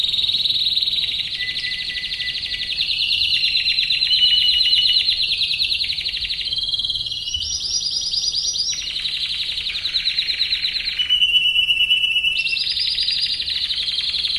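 Canary song, a continuous run of rapid rolling trills and held notes that jump between higher and lower pitches without pause.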